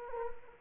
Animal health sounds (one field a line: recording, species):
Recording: mosquito wingbeat signal from an infrared sensor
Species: Culex quinquefasciatus